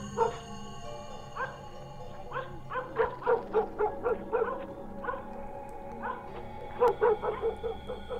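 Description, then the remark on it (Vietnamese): Two dogs standing with muzzles pointed outward bark in quick, overlapping bursts until dawn, a steady run of sharp mid-pitched yaps that swells in the middle and again near the end, over a low constant hum. “Ấy thế mà lạ lắm, hai con chó cứ đứng thế chõ mõm ra bên ngoài mà sủa, cho đến khi gà gáy tờ mờ.”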